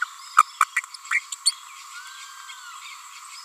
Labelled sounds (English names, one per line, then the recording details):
Green-rumped Parrotlet babbling
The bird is a female
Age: 29 days
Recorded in a nest box in Venezuela
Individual 17B42A4